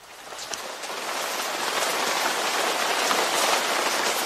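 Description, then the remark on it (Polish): Steady rain falls without pause, a dense, hissing patter that swells slightly after the first second and stays even throughout, with water running off a roof and no voices. “Co najwyżej, gdzieniegdzie wykorzystuje się wodę spływającą z dachu.”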